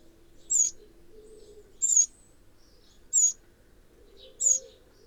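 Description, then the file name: Eurasian wren calling four high, clipped tick notes spaced a little over a second apart over a faint low hum. "Troglodytes troglodytes"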